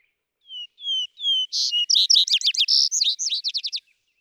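Vesper sparrow song: whistled introductory notes followed by a loud, jumbled burst of buzzy chips and trilled phrases lasting about two seconds.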